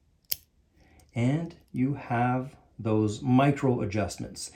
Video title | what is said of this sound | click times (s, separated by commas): Islander ISL-HMBT-1 - This is my full review of the "Help Me Build This" watch that I love! | you have a push button release that snaps into place | 0.3 s